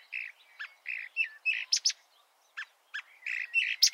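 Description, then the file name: Marsh warbler song in scattered short phrases, nasal buzzy notes and sharp high clicks separated by brief pauses. "suara-kicauan-burung-marsh-warbler -omkicau"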